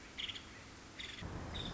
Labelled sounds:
Nuttall's Woodpecker (Dryobates nuttallii)
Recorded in Sonoma County, California

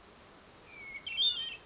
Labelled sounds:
Hermit Thrush (Catharus guttatus)
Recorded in Sonoma County, California

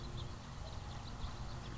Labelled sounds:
House Finch (Haemorhous mexicanus)
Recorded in Sonoma County, California

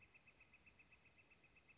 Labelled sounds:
Northern Flicker (Colaptes auratus)
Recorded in Sonoma County, California

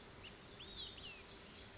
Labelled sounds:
Olive-sided Flycatcher (Contopus cooperi)
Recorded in Sonoma County, California

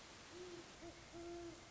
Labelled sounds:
Great Horned Owl (Bubo virginianus)
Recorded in Sonoma County, California

